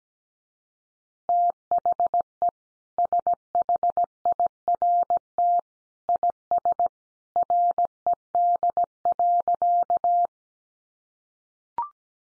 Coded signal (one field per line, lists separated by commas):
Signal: Morse code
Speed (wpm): 17 wpm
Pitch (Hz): 700 Hz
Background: none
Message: THE SHIRT IS RED.